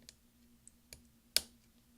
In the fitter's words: we're going to use our finger to push down on both sides until it snaps into place there